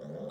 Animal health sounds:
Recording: pig call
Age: piglet (1 to 25 days)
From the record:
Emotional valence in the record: negative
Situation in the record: short isolation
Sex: female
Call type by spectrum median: low-frequency call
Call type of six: mixed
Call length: 0.30 s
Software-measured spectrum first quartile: 199 Hz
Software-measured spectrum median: 412 Hz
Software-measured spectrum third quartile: 561 Hz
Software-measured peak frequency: 519 Hz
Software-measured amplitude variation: 112 dB a second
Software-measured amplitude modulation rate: 31.2 a second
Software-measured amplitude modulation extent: 3.6 dB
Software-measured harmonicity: 2.2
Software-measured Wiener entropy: -0.13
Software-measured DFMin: 1383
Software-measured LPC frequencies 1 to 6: 523, 3388, 3822, 5451, 7498, 9156 Hz

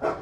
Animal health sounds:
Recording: pig call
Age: growing-finishing pig (85 days or more)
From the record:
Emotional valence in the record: positive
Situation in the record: run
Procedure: transit

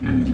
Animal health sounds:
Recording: pig call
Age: growing-finishing pig (85 days or more)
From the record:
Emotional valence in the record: positive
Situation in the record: enriched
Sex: female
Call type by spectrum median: low-frequency call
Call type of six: low-frequency stable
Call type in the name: low-frequency stable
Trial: 2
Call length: 0.34 s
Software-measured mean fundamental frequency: 41 Hz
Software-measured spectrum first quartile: 150 Hz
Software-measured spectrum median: 238 Hz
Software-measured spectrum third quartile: 338 Hz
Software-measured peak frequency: 254 Hz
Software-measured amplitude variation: 121 dB a second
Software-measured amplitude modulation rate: 22.2 a second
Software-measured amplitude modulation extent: 5.4 dB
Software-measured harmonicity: 1.7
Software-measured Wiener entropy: -1.16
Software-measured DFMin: 704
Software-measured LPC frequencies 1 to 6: 260, 1686, 2403, 3168, 4472, 5333 Hz

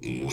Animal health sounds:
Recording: pig call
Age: weaner (32 to 43 days)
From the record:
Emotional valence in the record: negative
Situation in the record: novel object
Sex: female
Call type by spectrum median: low-frequency call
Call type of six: mixed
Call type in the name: high-frequency modulated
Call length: 0.33 s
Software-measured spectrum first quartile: 254 Hz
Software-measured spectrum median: 651 Hz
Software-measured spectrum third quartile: 3302 Hz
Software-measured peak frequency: 341 Hz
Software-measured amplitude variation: 102 dB a second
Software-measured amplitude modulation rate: 27.0 a second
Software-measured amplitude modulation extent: 3.8 dB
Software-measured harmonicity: 3.7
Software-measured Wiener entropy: -3.67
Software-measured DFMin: 1062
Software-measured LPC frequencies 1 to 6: 331, 2377, 3460, 4041, 5041, 6148 Hz

